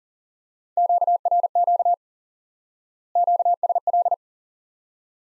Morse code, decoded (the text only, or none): QRQ QSL